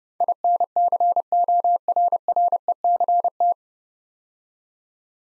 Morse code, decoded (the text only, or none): INCORRECT